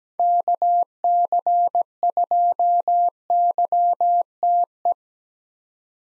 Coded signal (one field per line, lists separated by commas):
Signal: Morse code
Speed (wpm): 17 wpm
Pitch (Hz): 700 Hz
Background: none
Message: KC2YTE